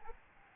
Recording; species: mosquito wingbeat signal from an infrared sensor; Aedes albopictus